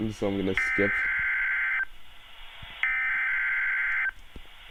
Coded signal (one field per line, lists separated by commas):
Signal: Emergency Alert System (SAME) tones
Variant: header bursts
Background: speech